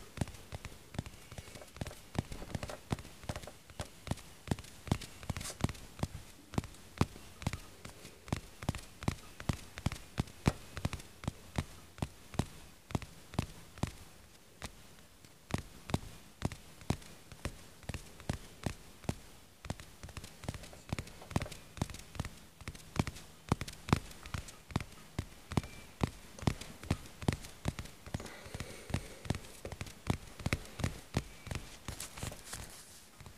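Aggressive tapping goes on without a break, a fast run of sharp, crisp knocks, several each second, each with a hard bright edge and a dull thump underneath. The pace stays steady and dense throughout, easing only briefly around the middle before picking back up.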